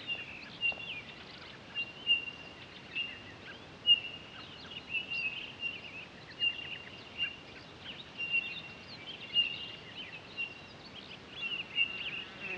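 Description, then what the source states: Townsend's solitaire, a series of clear whistled notes, steady in pitch, repeated at uneven intervals over soft background noise. Recorded 23 October 2011.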